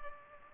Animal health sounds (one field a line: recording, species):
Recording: mosquito wingbeat signal from an infrared sensor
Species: Culex pipiens